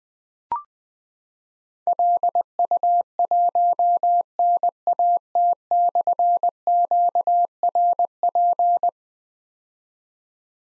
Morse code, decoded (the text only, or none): LU1NAT/QRP